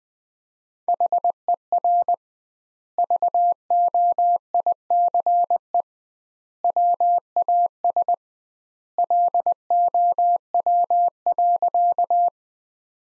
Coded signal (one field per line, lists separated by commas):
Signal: Morse code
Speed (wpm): 21 wpm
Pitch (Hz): 700 Hz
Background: none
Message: HER VOICE WAS LOW.